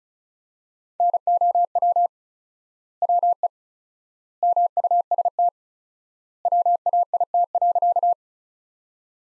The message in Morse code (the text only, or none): NOW WE MUST WAIT.